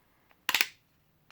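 The snap fastener on the strap of a custom Kydex knife sheath is unclicked by lifting the end up from the same direction it went on, since this one-way snap only releases that way. After a faint tick at 0.3 s, it pops open at 0.5 s with a sharp, bright snap, followed by two quick rattling clicks that trail off. A last faint tick comes at 1.3 s.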